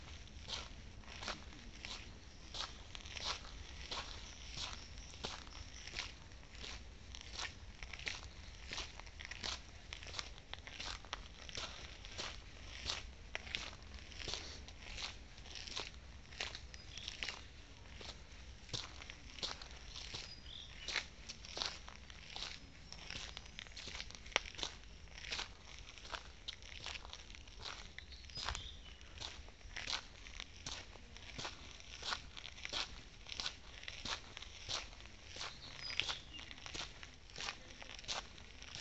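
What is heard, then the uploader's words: Footsteps crunch outdoors over dry, brittle ground, giving a steady stream of crisp cracks and snaps that runs the whole time without pause. A low, soft rumble sits underneath, and a few sharper crunches stand out near the middle. Yuelarbah Track. Nature, footsteps, outside sounds.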